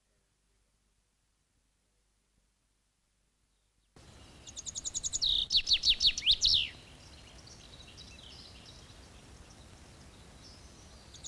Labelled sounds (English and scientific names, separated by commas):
Common Chaffinch (Fringilla coelebs) song